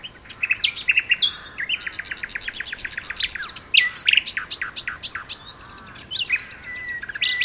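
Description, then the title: Common nightingale song, loud phrases of rapid repeated notes, whistles and rich chirps, with a second bird answering in overlapping bursts. Two nightingales singing in duet on Westleton Heath. "sanderson-sanderson-hc nightingale-duet-on-westleton-heath"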